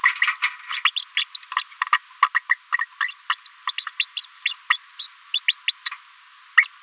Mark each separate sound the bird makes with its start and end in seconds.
0.21-0.26, 0.72-0.78, 0.85-0.91, 0.96-1.04, 1.17-1.24, 1.35-1.41, 1.92-1.97, 2.22-2.28, 2.34-2.39, 2.49-2.54, 2.79-2.81, 3.00-3.08, 3.29-3.35, 3.67-3.71, 3.78-3.84, 4.00-4.05, 4.17-4.21, 4.45-4.53, 4.70-4.76, 4.99-5.08, 5.34-5.40, 5.48-5.55, 5.68-5.76, 5.86-5.97, 6.57-6.64